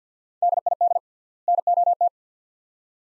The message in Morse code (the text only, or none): DID NOT